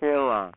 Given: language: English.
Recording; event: throat vibration sensor signal played as sound; speech